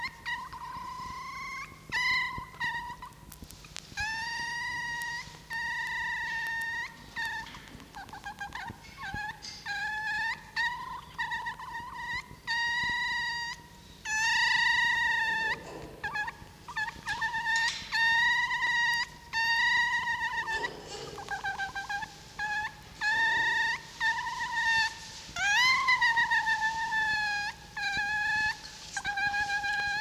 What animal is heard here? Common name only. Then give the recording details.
Red Fox. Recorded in captivity. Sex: diverse. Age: diverse. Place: Zoologisches Institut der HUB, Berlin, DE. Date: 1953-04-27 10:10. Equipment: Elmetra. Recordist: Tembrock, Günter. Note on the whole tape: Fiffi-Welpen (Molly): rhythmisches Quärren (ri-ri-ri ?); Jupp (mit Blick auf Molly): Muffen (ohne Fleisch). Teilweise gute Aufnahmequalität